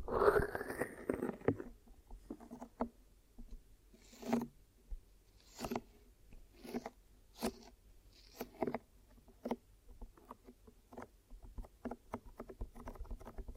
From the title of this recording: Glue Ear Massage and Cleaning